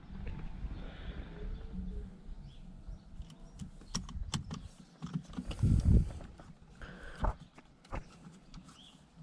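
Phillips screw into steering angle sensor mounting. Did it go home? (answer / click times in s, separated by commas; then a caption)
no / none. A small Phillips screw is driven into the steering angle sensor mounting on a 2005-and-up Volvo P2 (V70, S60, S80, XC70, XC90), with sharp ticks and scraping around 4.0 and 4.3 seconds, a louder rattling burst near 5.8 to 6.0 seconds and another tick at 7.3 seconds. The screw never tightens; its thread stripped out at the bottom, which does not matter, and nothing has seated or clicked.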